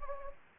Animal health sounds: mosquito wingbeat signal from an infrared sensor; Anopheles gambiae

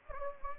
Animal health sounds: mosquito wingbeat signal from an infrared sensor; Anopheles gambiae

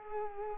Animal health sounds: mosquito wingbeat signal from an infrared sensor; Culex quinquefasciatus

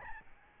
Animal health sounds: mosquito wingbeat signal from an infrared sensor; Aedes albopictus

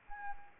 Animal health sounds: mosquito wingbeat signal from an infrared sensor; Anopheles arabiensis

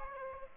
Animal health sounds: mosquito wingbeat signal from an infrared sensor; Aedes aegypti

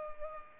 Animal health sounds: mosquito wingbeat signal from an infrared sensor; Culex pipiens

